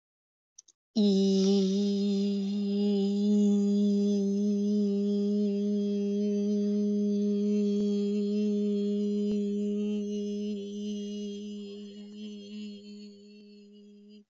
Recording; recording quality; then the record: sustained vowel as in beet; excellent, no background noise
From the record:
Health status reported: healthy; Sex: female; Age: 22 years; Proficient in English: yes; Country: India